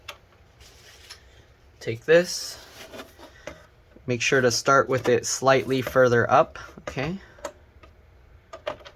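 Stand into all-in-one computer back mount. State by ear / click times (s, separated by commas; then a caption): not seated / none. A stand is lined up slightly higher than its final spot on the back mount of a Dell OptiPlex 7470/7780 all-in-one computer, ready to be slid down to lock. Someone talks while soft handling and rubbing noises and a few brief taps are heard. Nothing has clicked or seated yet.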